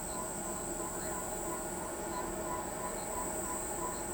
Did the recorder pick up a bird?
no